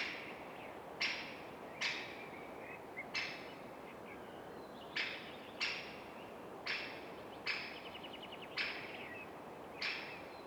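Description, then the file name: Great spotted woodpecker giving sharp, abrupt 'kik' calls, about ten single notes at uneven intervals of roughly one second, with faint twittering of other birds behind. "Didysis Margasis Genys Great Spotted Woodpecker - Dendrocopos major"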